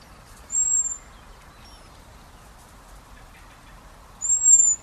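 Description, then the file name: Common blackbird giving two thin, very high, drawn-out whistled calls about four seconds apart, each level in pitch and about half a second long, over quiet background hiss. "Turdus merula"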